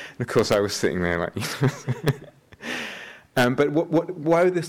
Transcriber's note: laughs